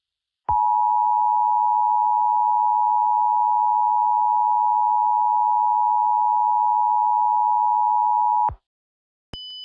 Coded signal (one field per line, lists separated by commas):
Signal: Emergency Alert System (SAME) tones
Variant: 853 and 960 Hz attention tone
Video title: MARACKTA- EAS SCENARIO/ANALOG HORROR